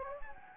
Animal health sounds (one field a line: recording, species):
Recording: mosquito wingbeat signal from an infrared sensor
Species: Anopheles gambiae